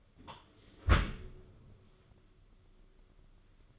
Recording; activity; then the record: daily activity, microphone in the room; close dishwasher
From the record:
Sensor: 4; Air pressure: 995.3 hPa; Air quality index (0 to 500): 212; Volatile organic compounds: 233 ppm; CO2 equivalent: 4313 ppm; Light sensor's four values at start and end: 37/115/44/49 and 37/116/44/49